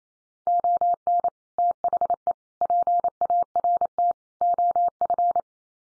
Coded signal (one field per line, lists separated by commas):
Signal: Morse code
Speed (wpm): 28 wpm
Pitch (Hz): 700 Hz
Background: none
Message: ON THE PART OF